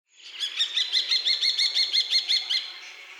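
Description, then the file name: Common kestrel calling a quick, evenly spaced run of shrill ki notes that fades out at the end. "pustulka"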